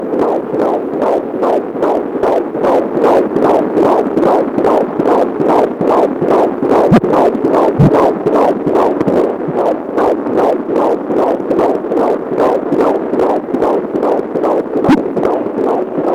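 Fast, steady whooshing pulses at about 146 a minute over a constant Doppler hiss: a fetal heartbeat picked up by a fetal Doppler stethoscope, at a rate within the usual fetal range.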